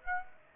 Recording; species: mosquito wingbeat signal from an infrared sensor; Aedes aegypti